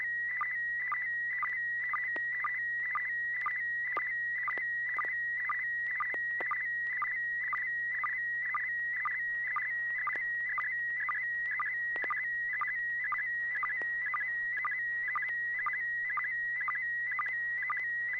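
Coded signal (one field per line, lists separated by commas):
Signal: SSTV (slow-scan television)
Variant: PD120 mode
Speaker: well I didn't expect to be first but let's give this a shot this should be PD 120 if everything works right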